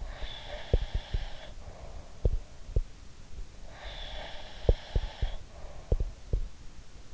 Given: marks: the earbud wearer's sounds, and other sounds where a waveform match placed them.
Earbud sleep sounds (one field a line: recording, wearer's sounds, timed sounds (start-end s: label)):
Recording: sounds in sleep by an in-ear microphone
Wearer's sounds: breath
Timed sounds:
0.00-2.76 s: breath
0.69-2.88 s: sound from someone else or the room
3.60-6.46 s: breath
4.61-6.46 s: sound from someone else or the room